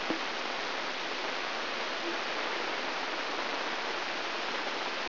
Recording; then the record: brain microelectrode recording played as sound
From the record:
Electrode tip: inside the subthalamic nucleus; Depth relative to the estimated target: -3 mm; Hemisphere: left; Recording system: AlphaMap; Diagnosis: Parkinson's disease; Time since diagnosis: 9 years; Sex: female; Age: 63 years